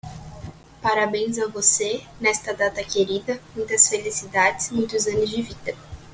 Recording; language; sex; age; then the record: short text; Brazilian Portuguese; female; 18 to 19 years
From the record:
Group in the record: control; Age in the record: 19 years